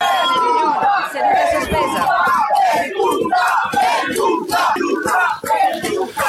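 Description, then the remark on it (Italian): A crowd of voices shouts and yells over one another against Boldrini in the chamber of Italy's parliament at Montecitorio, recorded on Di Maio's mobile phone: a loud, continuous uproar with sharp bursts of protest rising throughout. “Urla in aula contro la Boldrini, sono raccolte l'audio un po' disturbato dal telefonino di Di Maio, pensate, potenza della tecnologia.”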